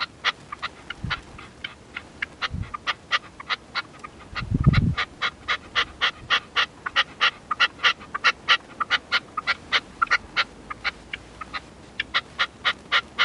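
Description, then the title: Partridge or tinamou calling in a long, fast series of short harsh notes, about four each second, with a few dull low thumps early on. "Canto de Perdiz. CANTO DE LA PERDIZ"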